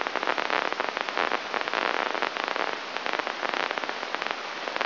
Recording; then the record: brain microelectrode recording played as sound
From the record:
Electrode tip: inside the subthalamic nucleus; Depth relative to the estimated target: -3 mm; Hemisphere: right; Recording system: AlphaMap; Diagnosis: Parkinson's disease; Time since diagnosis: 24 years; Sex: male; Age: 67 years